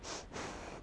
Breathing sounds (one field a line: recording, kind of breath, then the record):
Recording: one breath in and out by a microphone near the nose and mouth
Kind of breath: strong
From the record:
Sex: female